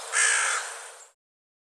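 Bird calling once, a single drawn-out hoarse caw that fades away over about a second.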